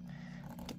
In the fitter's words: get that in I heard it click so we should be good